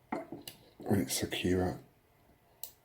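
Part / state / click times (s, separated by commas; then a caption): microSD card into security camera card slot / seated / 2.6 s. A microSD card is pushed into the card slot underneath a Bosiwo security camera while someone talks, with a few soft handling knocks early on. After the talking stops, a sharp click at 2.6 s shows the card seated in the slot.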